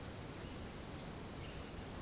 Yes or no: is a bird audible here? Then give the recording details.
no. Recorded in secondary vegetation near Puerto Asís, Putumayo, Colombia, on 22 December 2024 at 06:30. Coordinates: 0.489, -76.322. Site G059